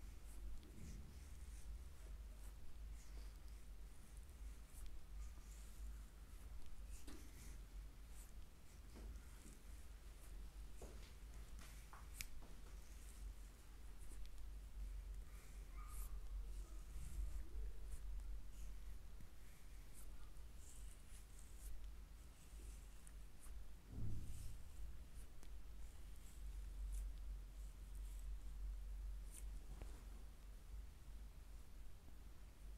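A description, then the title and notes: A foot massage, with soft rubbing and skin-on-skin friction running throughout. Short, bright scuffs and light taps come every second or two, over a steady low rumble. A slightly louder knock lands near the 24-second mark. ASMR relaxing foot massage.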